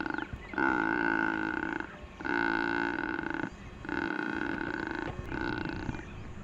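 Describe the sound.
Secretarybird producing four long, moaning harmonic croaks, each over a second long with brief gaps between them, the last one fainter, above a steady low rumble.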